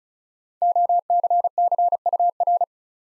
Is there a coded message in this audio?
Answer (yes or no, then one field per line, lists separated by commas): yes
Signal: Morse code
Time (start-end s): 0.6-2.6 s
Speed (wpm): 36 wpm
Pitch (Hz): 700 Hz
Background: none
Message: OCCUR